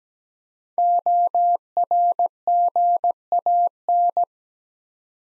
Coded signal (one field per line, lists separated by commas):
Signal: Morse code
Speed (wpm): 17 wpm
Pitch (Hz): 700 Hz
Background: none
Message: ORGAN